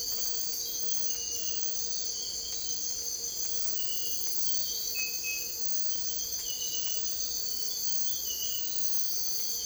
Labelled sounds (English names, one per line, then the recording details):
none
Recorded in dense forest near Puerto Asís, Putumayo, Colombia, on 22 December 2024 at 02:30
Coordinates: 0.482, -76.320
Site G021